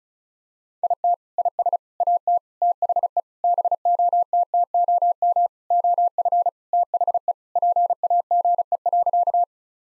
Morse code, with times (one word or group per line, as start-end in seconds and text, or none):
0.8-1.1 IT
1.4-1.8 IS
2.0-2.4 AT
2.6-3.2 THE
3.4-5.5 BOTTOM
5.7-6.5 OF
6.7-7.3 THE
7.6-9.4 PAGE.